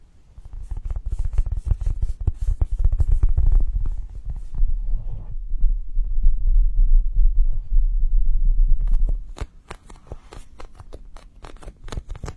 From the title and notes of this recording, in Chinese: 解压慢回弹捏捏触发音合集。